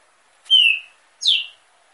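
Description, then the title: Green-winged saltator song: two loud whistled notes, the first a level slightly falling whistle, the second sweeping steeply down from high. Female, caged in an aviary, warming up her song. "fêmea de Trinca-ferro esquentando no viveiro"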